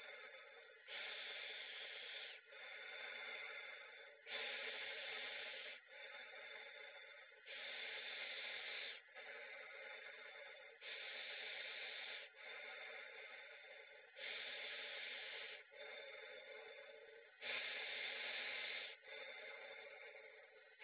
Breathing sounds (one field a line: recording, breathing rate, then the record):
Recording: paced breathing near a phone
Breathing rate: 18 breaths a minute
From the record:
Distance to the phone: 20 cm